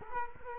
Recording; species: mosquito wingbeat signal from an infrared sensor; Culex quinquefasciatus